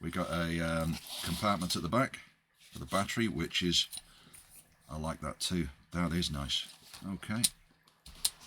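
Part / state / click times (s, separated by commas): battery compartment cover into rear stock of airsoft rifle / seated / 8.2 s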